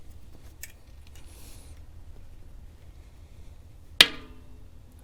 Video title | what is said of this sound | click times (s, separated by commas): The ultimate tool to get stubborn tires to seat on the rim - Park Tool PTS-1 Tire Seater Review | There you can hear it so now it finally popped into place | 4.0 s